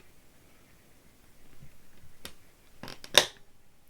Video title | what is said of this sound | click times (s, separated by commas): 3D printed CD jewel case for Konstantin Rössler | can you hear it's really satisfying great | 3.2 s